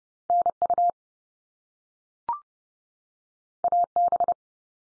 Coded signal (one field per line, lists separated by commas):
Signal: Morse code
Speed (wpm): 30 wpm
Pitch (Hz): 700 Hz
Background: none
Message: NU AB